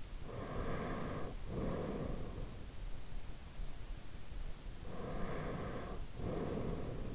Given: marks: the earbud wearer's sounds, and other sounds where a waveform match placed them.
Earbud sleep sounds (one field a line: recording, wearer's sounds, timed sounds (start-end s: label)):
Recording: sounds in sleep by an in-ear microphone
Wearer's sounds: breath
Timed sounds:
0.15-2.58 s: breath
4.67-7.15 s: breath